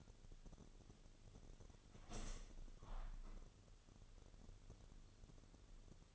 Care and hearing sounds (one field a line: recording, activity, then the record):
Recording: daily activity, microphone in the room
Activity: open window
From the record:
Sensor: 4